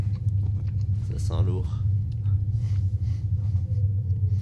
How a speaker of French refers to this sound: Comme une ambiance de tonnerre dans l'air.